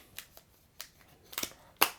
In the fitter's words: snaps right in there we go